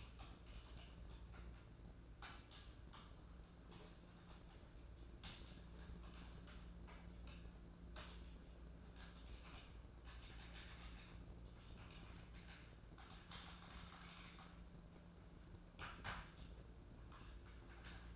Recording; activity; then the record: daily activity, microphone in the room; typing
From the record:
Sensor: 2